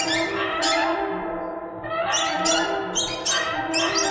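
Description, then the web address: Bird calls form an unbroken tonal chatter, with scratchy squawks bursting in mainly during the second half. "soundfactory birds birds"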